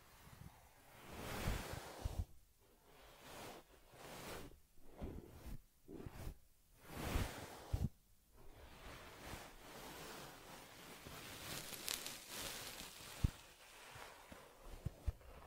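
Teddy bear fur is combed, rubbed and cleaned in soft brushing strokes. For the first eight seconds the strokes come in separate swishes about once a second. Afterward the rubbing turns steadier and denser, with a few small taps and clicks near the end.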